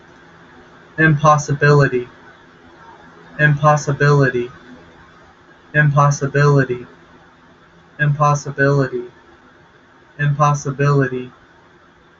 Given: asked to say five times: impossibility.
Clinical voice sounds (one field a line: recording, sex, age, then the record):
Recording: repeated word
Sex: male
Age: 20 to 29 years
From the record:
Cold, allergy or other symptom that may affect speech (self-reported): no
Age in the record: 21 years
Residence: Wyoming, United States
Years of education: 16